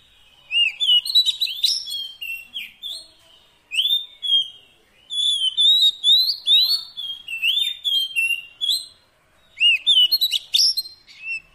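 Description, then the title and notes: Oriental magpie-robin song: clear whistled phrases with upslurs and downslurs and crisp high chips, broken by short pauses. Long-duration fill-in (isian) song of kacer, meant to get the bird singing vigorously (gacor) day and night. "Kacer Jadi Gacor Siang Malam. Isian Kacer Durasi Panjang"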